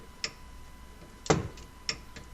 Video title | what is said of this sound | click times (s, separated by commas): How to change Rear Brakes on Subaru WRX 2015+ | just tighten in just enough until you hear the clicking sound. | 1.9 s